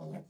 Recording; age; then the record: pig call; piglet (1 to 25 days)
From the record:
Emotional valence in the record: negative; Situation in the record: short isolation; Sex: female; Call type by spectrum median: low-frequency call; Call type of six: low-frequency stable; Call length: 0.29 s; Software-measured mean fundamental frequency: 50 Hz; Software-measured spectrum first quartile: 172 Hz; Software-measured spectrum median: 289 Hz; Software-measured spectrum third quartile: 582 Hz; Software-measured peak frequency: 177 Hz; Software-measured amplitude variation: 119 dB a second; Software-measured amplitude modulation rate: 25.6 a second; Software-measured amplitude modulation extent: 4.7 dB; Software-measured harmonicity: 2.8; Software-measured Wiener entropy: -0.02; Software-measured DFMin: 606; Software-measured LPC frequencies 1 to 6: 570, 2136, 3463, 4471, 5222, 6042 Hz